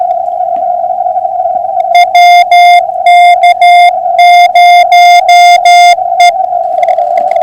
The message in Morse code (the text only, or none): WK0E